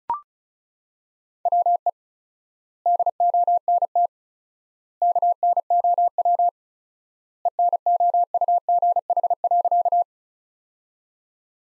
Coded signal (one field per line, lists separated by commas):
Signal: Morse code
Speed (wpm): 36 wpm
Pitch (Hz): 700 Hz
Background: none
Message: WE DONT KNOW ENOUGH.